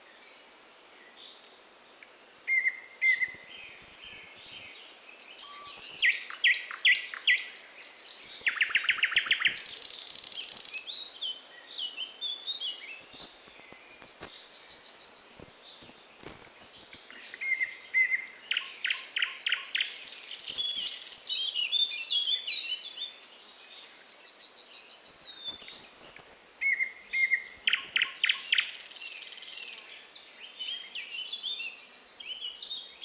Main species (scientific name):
Luscinia luscinia